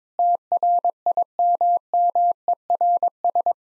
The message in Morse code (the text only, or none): TRIMMERS